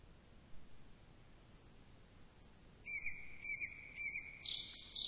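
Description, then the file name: Nightingale singing a sustained high whistle broken into pulses, followed by a lower steady tone and a burst of harsh notes. "Slowik"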